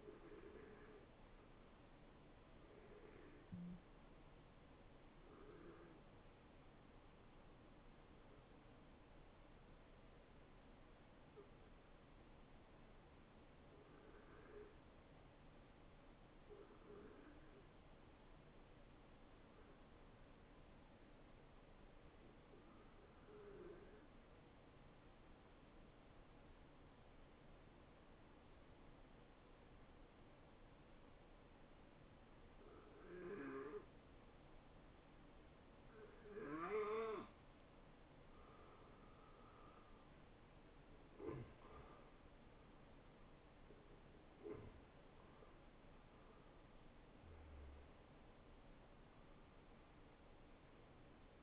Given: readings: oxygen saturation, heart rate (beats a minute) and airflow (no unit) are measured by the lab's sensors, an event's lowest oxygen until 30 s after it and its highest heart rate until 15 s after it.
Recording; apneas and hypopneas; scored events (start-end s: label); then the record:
breathing in sleep by a voice recorder at the bedside; 1
5.00-39.30 s: hypopnea (N1, oxygen 95% highest, then 86% lowest, heart rate 69 at the start, 74 highest)
17.00-47.00 s: new sleep stage, N2 (light sleep)
47.00-51.43 s: new sleep stage, N1 (lightest sleep)
From the record:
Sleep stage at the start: N1 (lightest sleep); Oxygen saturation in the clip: 88 to 95%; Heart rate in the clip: 52 to 74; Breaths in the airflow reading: 7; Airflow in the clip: -18.2 to 12.0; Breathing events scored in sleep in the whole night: 263 in 5.5 hours asleep